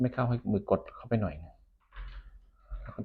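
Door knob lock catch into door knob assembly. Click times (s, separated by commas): 2.9 s, 3.0 s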